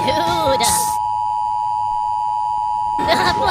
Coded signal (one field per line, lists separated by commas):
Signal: Emergency Alert System (SAME) tones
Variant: 853 and 960 Hz attention tone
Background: speech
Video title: Minions react to [EAS] DON'T LOOK UP